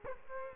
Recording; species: mosquito wingbeat signal from an infrared sensor; Culex quinquefasciatus